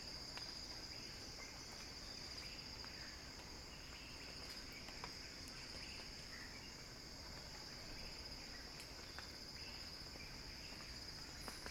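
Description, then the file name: Cicada song, a steady high-pitched buzzing drone held without a break, with a few faint clicks. Cicada song described as a crescendo. "earth-fm Axel-Drioli Cicada-Crescendo-Sounding-Wild"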